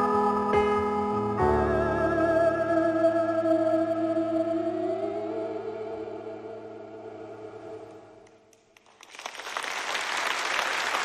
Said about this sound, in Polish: Piosenka z oklaskami.